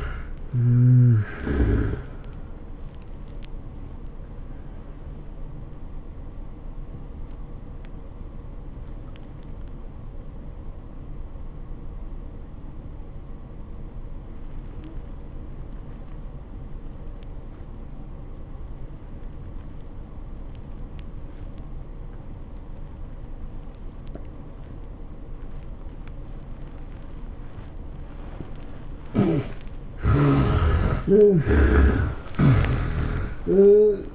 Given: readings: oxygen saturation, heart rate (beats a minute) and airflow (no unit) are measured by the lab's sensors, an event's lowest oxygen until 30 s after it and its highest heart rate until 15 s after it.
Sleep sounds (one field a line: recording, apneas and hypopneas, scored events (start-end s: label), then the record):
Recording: breathing in sleep by a smartphone at the bedside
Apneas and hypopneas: 1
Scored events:
5.00-34.15 s: new sleep stage, N1 (lightest sleep)
6.00-28.70 s: hypopnea (N1, oxygen 94% highest, then 66% lowest, heart rate 105 at the start, 111 highest)
From the record:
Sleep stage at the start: N2 (light sleep)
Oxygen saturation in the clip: 64 to 94%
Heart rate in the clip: 92 to 113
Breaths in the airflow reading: 5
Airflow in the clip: -14.1 to 13.7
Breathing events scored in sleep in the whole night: 403 in 5.5 hours asleep